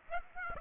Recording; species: mosquito wingbeat signal from an infrared sensor; Aedes aegypti